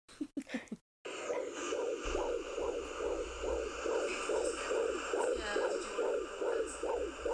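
Fast, regular whooshing pulses near 140 a minute on a community midwife's handheld Doppler at the 16-week appointment: a normal fetal heartbeat, surprisingly fast, hard to find with the baby sitting low in the pelvis, coming and going.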